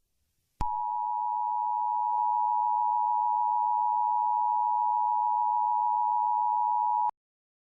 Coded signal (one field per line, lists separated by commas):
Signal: Emergency Alert System (SAME) tones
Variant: 853 and 960 Hz attention tone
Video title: Eas Scenario 011 - Operation of the Silent Feast (The Thanksgiving Special)